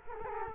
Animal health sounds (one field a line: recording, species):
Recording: mosquito wingbeat signal from an infrared sensor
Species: Culex quinquefasciatus